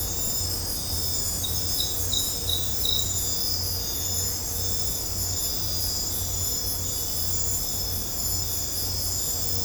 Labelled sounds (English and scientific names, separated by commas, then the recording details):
none
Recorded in dense forest near Puerto Asís, Putumayo, Colombia, on 26 December 2024 at 01:00
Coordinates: 0.503, -76.323
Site G043